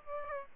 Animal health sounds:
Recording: mosquito wingbeat signal from an infrared sensor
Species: Aedes aegypti

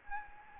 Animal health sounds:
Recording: mosquito wingbeat signal from an infrared sensor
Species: Anopheles gambiae

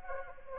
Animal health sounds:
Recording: mosquito wingbeat signal from an infrared sensor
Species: Anopheles arabiensis

